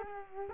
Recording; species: mosquito wingbeat signal from an infrared sensor; Culex quinquefasciatus